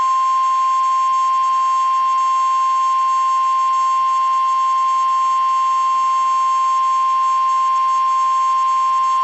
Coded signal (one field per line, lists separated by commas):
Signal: Emergency Alert System (SAME) tones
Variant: 1050 Hz attention tone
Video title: EAS Alert #150-151